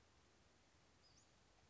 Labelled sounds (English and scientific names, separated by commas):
Western Flycatcher (Empidonax difficilis)